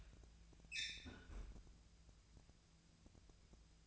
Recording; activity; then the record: daily activity, microphone in the room; close fridge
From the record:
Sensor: 2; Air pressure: 999.9 hPa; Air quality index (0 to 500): 119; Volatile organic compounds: 2 ppm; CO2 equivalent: 1026 ppm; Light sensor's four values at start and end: 34/85/36/41 and 34/85/36/41